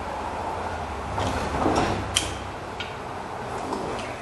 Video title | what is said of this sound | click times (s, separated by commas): How to replace front and rear brakes on a 2002 Chevy Express Van | let's snapped in place now we're going to take our substitute | 2.2 s